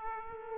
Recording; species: mosquito wingbeat signal from an infrared sensor; Aedes aegypti